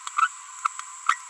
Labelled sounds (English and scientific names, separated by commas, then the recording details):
Green-rumped Parrotlet (Forpus passerinus) babbling
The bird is a female
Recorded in a nest box in Venezuela
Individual 17B42B1